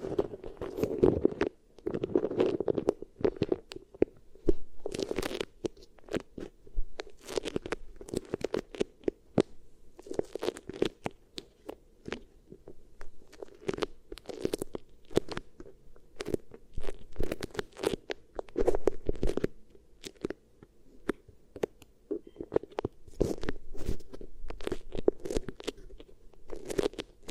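Beeswax ear triggers: dense, irregular crackling and crunching clicks as wax is pressed and worked, sharp bursts coming several times a second with no pause across the whole clip. A soft low hum runs steadily underneath, with louder squishy clusters around 1–3 s and 19 s.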